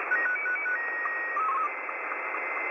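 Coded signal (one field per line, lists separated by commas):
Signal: SSTV (slow-scan television)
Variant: Martin 2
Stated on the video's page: SSTV on 14.230 MHz received from far away using a WebSDR as receiver.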